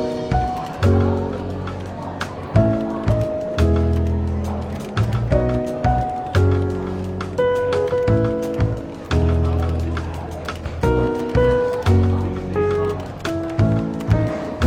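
Soft jazz plays up front in a bookshop café, with warm low bass notes and mellow piano chords changing every second or so at an easy, regular pace. A faint murmur of talk and light clinks sits underneath throughout.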